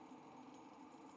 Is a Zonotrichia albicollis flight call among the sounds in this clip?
no